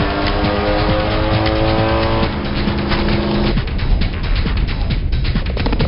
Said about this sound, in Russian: Но машины их быстро нагоняют.